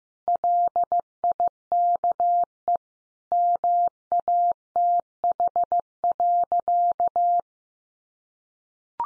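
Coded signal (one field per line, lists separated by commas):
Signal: Morse code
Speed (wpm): 15 wpm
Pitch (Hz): 700 Hz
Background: none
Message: LIKE MATH.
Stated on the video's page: Morse code lesson at 15 wpm: easy phrases for head-copy practice, each sentence sent, then spoken, then sent again.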